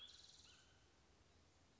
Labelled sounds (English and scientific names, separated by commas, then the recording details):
Spotted Towhee (Pipilo maculatus)
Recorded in Sonoma County, California